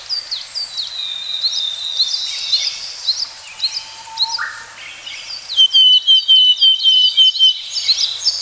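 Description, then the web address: Willow tit calls: a run of repeated notes near the end, over a busy backdrop of many high chirps. "sikioto. kogara"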